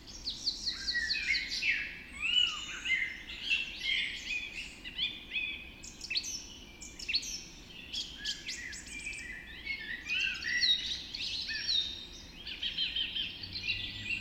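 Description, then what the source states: Many birds singing at once in a dawn chorus, a dense, continuous weave of whistles, warbles and trills rising and falling throughout. Dawn chorus recorded just after dawn in the Forest of Dean.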